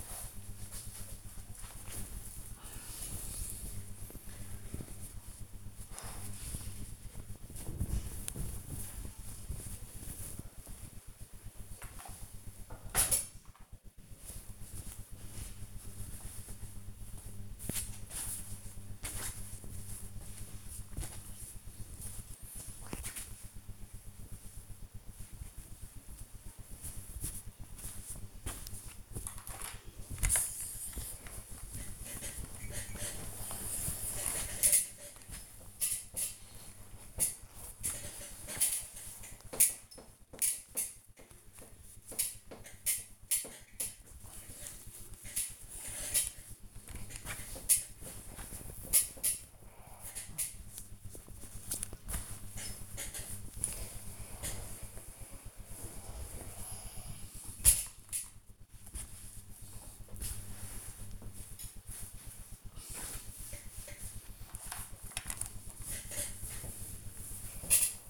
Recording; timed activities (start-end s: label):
household activities, microphone on the right wrist
30.78-68.10 s: ironing laundry